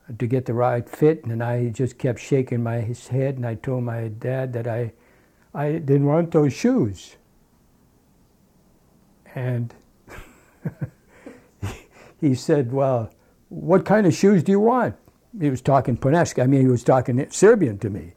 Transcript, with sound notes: to get the right fit, and I just kept shaking my head and I told my dad that I didn't want those shoes. And,, (he laughs) he said, "Well, what kind of shoes do you want?" He was talking, I mean, he talking Serbian to me.